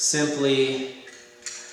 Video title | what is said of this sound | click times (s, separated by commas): Bird Feeder Cleaning - Huston-Brumbaugh Nature Center | clips right into the bottom of the bird feeder. It locks in place. | 1.5 s